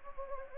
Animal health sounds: mosquito wingbeat signal from an infrared sensor; Anopheles gambiae

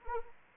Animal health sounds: mosquito wingbeat signal from an infrared sensor; Anopheles arabiensis

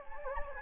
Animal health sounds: mosquito wingbeat signal from an infrared sensor; Anopheles gambiae

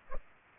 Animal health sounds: mosquito wingbeat signal from an infrared sensor; Culex pipiens

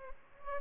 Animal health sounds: mosquito wingbeat signal from an infrared sensor; Aedes albopictus

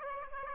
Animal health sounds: mosquito wingbeat signal from an infrared sensor; Aedes aegypti

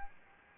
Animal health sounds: mosquito wingbeat signal from an infrared sensor; Anopheles gambiae

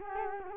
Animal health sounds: mosquito wingbeat signal from an infrared sensor; Culex quinquefasciatus

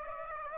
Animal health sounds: mosquito wingbeat signal from an infrared sensor; Aedes aegypti

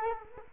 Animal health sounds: mosquito wingbeat signal from an infrared sensor; Culex quinquefasciatus

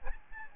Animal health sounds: mosquito wingbeat signal from an infrared sensor; Aedes albopictus

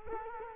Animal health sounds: mosquito wingbeat signal from an infrared sensor; Culex quinquefasciatus

